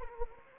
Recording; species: mosquito wingbeat signal from an infrared sensor; Anopheles gambiae